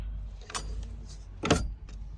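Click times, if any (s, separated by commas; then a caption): 1.5 s. In a camper van, the cutlery drawer under a small table that doubles as a chopping board is pushed shut, with a few light knocks and rattles before it. Its latch engages with a sharp double click at 1.5 and 1.5 seconds, locking the drawer into place so it won't slide open while driving.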